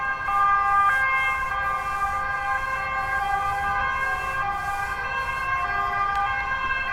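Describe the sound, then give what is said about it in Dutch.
An emergency vehicle siren wails steadily over road traffic noise by roughly the biggest traffic artery of Amsterdam, near the AMC, where sirens are heard day and night; its high, layered tones hold loud and continuous throughout, with no talking. “Ja, ze zijn veel hulpdiensten. Dus, die hoor je beter als de treinen. Ja, die hoor je wel.”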